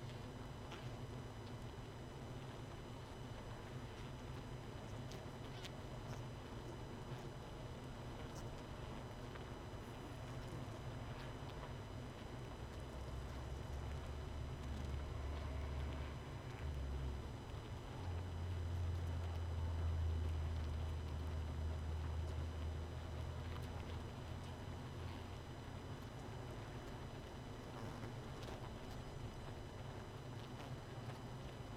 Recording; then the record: honeybee colony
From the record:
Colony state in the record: missing queen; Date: 31 May 2018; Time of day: 21:25